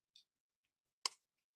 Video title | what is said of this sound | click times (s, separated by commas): Pop Up - Teddy Blocks - Part 5 of 37 | And it's like a little click. See that one there? It's a click. | 1.1 s